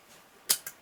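With the valve spring pushed down on the cylinder head, the second steel valve lock (keeper) is worked into the retainer groove on the valve stem. It seats with a sharp metallic snap at 0.5 s, followed by a fainter click at 0.7 s. The keeper is in place and the valve is locked.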